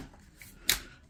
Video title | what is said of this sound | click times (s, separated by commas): Unboxing! Check out more surprises hidden in the Maircle S3-MATE vacuum cleaner! #vacuum #unboxing | you hear it lock in | 0.7 s